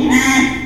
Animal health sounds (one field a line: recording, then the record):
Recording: squeal of a Yucatan mini pig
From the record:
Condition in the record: after surgery on the right vocal fold (resection and tissue-engineered implant)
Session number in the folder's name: 3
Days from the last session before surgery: 33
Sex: male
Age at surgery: 12 weeks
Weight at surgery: 13 kg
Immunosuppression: cyclosporine, prednisolone